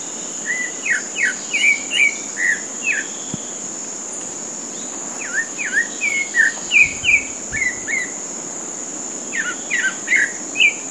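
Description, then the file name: Pale-breasted thrush singing three runs of quick, clear whistled notes separated by short pauses, with a constant shrill insect hum behind. Recorded at a golf course in Comandatuba, Bahia, Brazil, on 30 January 2013. "Turdus-leucomelas-golfe-IComandatuba BA-BR-30-1-13-ASilveira"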